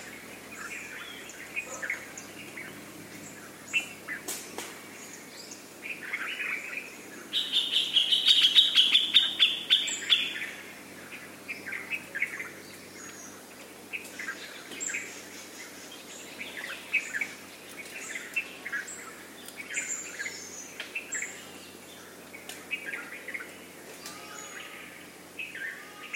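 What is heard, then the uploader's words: Nature sounds from India: many birds chirp and call throughout, mostly high and bright, scattered with short tweets. Around eight to ten seconds a louder, rapid trilling song stands out. A faint low hum runs underneath. Recorded in India. Field Recording Of India, Nature Sounds Of India.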